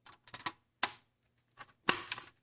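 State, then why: Seated. A detachable part, likely the front panel, is pushed onto a BOSS Audio BV7284B mech-less digital media receiver, a single-DIN car stereo head unit. After a few light plastic taps and rattles, two loud sharp snaps ring out at 0.8 s and 1.9 s, followed by a brief clatter. The part snaps into place and is seated.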